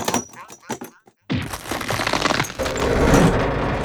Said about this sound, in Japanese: おいおい、あいつパイプ椅子折り曲げちまったぞ。魔法か、あれは魔法って言えるのか。とうとうパイプ椅子を丸めちまったぞ。